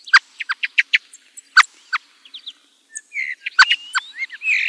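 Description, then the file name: Common blackbird song: quick series of sharp clicking notes, a pause, then whistled sliding notes and a scratchy high twitter. "MERLO"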